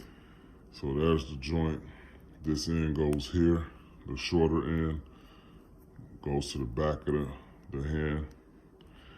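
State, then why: Seated. Someone talks while pushing the shorter end of a small plastic wrist joint peg into the back of the hand of a 1/6 scale Hot Toys T'Chaka action figure. A faint, sharp click at 8.8 s marks the peg seating in the hand.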